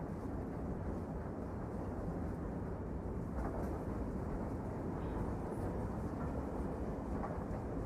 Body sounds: background sound without coughing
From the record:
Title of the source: Train Ride Ambience ambient white noise for sleeping, focus, studying, reading

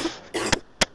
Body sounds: coughing mixed with background sound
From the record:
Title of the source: 61 morning phlegmy cough...again

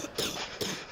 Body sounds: coughing mixed with background sound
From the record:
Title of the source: Wet coughing

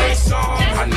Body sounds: coughing mixed with background sound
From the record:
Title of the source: 1125 Coughing SOUND Effect

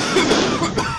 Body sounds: coughing mixed with background sound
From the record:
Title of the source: Dry Coughing Fit in the Afternoon.

